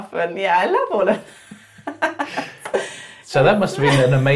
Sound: laughs